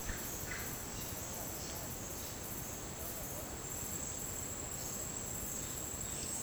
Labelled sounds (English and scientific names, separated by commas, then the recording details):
Russet-backed Oropendola (Psarocolius angustifrons), Violaceous Jay (Cyanocorax violaceus)
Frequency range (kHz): Russet-backed Oropendola (Psarocolius angustifrons) 0.9-3.2 kHz; Violaceous Jay (Cyanocorax violaceus) 1.9-4.4 kHz
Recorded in secondary vegetation near Puerto Asís, Putumayo, Colombia, on 27 June 2025 at 11:30
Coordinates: 0.484, -76.319
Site G074